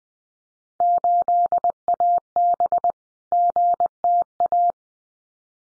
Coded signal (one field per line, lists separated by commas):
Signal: Morse code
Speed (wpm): 19 wpm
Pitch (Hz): 700 Hz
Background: none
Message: 8AB GTA